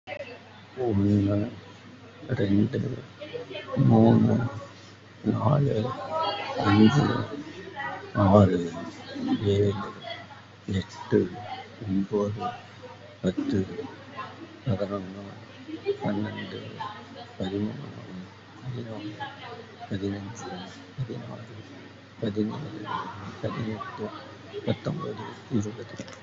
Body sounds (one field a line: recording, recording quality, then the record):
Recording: counting at a normal pace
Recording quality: excellent, no background noise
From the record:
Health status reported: respiratory illness, not identified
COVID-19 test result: negative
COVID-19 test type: RT-PCR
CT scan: not taken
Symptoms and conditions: cough, cold, breathing difficulty, fever, asthma, chronic lung disease, another respiratory illness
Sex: male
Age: 51 years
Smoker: no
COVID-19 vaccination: none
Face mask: not worn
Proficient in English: no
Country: India